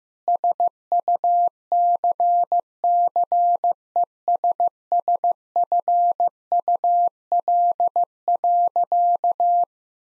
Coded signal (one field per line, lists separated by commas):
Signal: Morse code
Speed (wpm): 15 wpm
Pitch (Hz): 700 Hz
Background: none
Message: SUCCESSFUL.